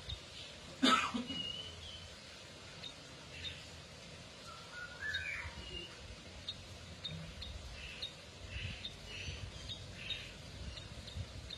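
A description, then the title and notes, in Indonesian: A canary gives only short, faint chirps instead of a full song, scattered every second or so over twelve seconds. A sharp, cough-like burst near the first second stands out, and a steady low rumble and hiss run throughout. Kenari F1 Ys. KENARI MACET.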